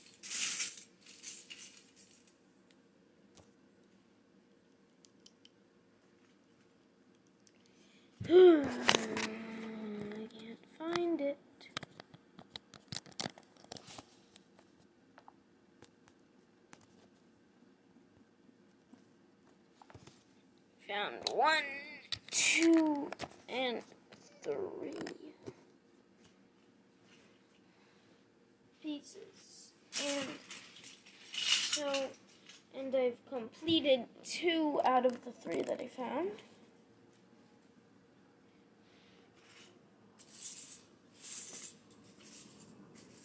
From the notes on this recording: Building a Lego set